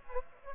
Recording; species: mosquito wingbeat signal from an infrared sensor; Aedes aegypti